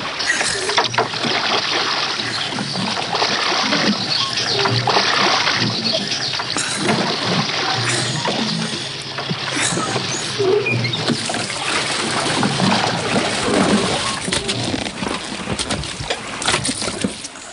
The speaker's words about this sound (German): Ruder einen großen Bogen zum Haus zurück, damit wir nicht auffallen.